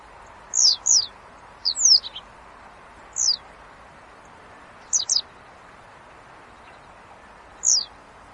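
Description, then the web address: Japanese wagtail calls: sharp, high, down-slurred notes given singly, in quick pairs or in a short run, spaced irregularly over a steady background hiss. "japanese wagtail wagtail bird call"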